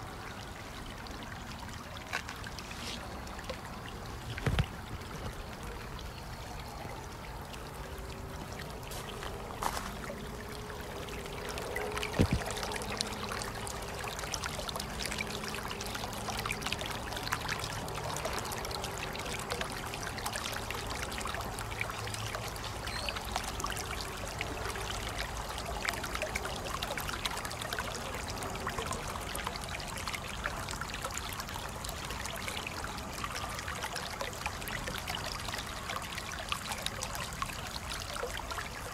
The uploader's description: Natural water stream , life and rain sounds